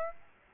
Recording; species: mosquito wingbeat signal from an infrared sensor; Aedes aegypti